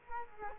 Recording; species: mosquito wingbeat signal from an infrared sensor; Culex quinquefasciatus